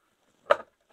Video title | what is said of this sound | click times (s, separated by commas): BOOMJOY 52”Ceiling Fans with Lights and Remote Control | it slides on and locks into place | 0.5 s